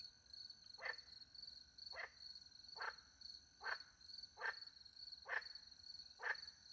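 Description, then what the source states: Frog calls, seven short notes spaced about a second apart, against continuous cricket trilling. Frogs with crickets at night in the French countryside near a little pond; microphones hidden in a tree; recorded with two Usi pro microphones into a Mixpre 10 II recorder.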